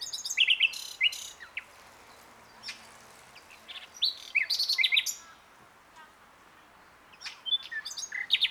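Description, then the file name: Common nightingale singing short, varied bursts of sharp whistles, chattering notes and squeaky slurs, broken by brief silences. "Luscinia megarhynchos"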